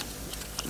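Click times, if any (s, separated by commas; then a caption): 0.3 s, 0.6 s. While refitting the injector lines on a BMW diesel engine, an injector line is routed underneath and pushed into its retaining clip on the engine. Two short, sharp clicks sound at 0.3 s and 0.6 s, the second louder, as the line snaps into place and is seated.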